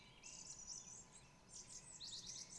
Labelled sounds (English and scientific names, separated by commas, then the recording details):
Song Thrush (Turdus philomelos)
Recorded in Germany
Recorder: ecoPi